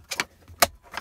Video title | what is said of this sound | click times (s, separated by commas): BMW i3 Armrest Panel Removal | and it snaps into place and | 0.6 s